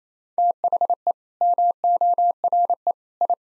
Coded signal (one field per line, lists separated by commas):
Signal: Morse code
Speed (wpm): 28 wpm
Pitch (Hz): 700 Hz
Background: none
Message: THE MORE I